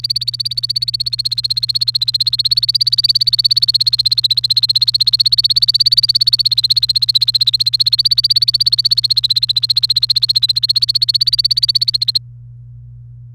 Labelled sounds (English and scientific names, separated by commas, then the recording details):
Domestic Canary (Serinus canaria) song
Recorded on 29 April 2018 at 18:18
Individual llb3